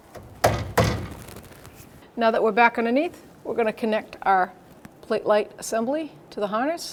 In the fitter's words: to put the back hook on first, then just push it in, and it'll click.